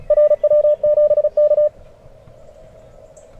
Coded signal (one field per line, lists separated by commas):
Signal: Morse code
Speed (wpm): 26 wpm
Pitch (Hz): 610 Hz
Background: radio noise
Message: RW7K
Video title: CQ WW WPX CW Contest - May 25th, 2019